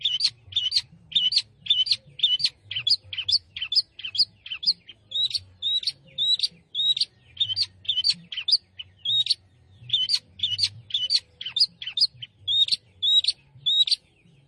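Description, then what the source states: Long-tailed shrike song of steady, repeated high chattering phrases, continuing throughout. Singing lively, described as gacor.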